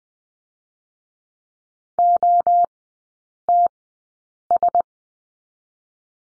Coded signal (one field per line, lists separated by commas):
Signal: Morse code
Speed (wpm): 20 wpm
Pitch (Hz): 700 Hz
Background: none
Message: OTS